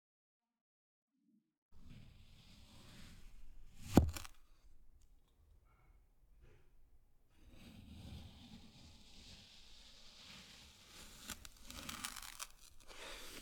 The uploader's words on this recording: 切動力沙｜Kinetic Sand.